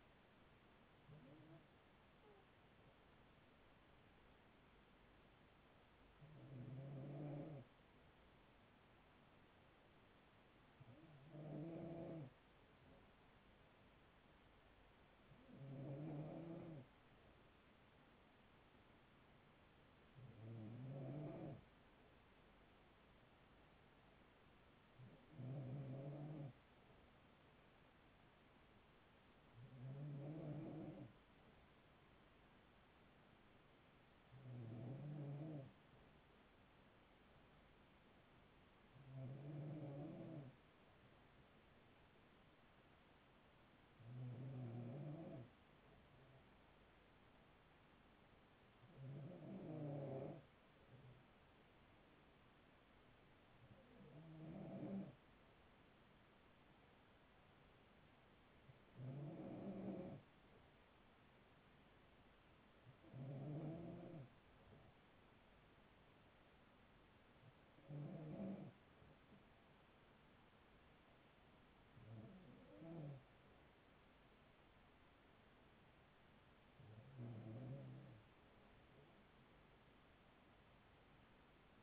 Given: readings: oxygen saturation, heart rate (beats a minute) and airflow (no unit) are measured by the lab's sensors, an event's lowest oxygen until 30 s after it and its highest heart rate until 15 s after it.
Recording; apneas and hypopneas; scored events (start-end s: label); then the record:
breathing in sleep by a voice recorder at the bedside; none
none scored
From the record:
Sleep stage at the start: N2 (light sleep); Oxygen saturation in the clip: 94 to 95%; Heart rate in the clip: 42 to 45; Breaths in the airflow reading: 17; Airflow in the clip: -5.8 to 4.8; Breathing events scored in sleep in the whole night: 207 in 7.6 hours asleep